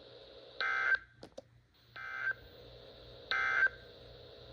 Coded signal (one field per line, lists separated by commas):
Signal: Emergency Alert System (SAME) tones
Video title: EAS ALERTS 5881-5893 FROM 06/17/24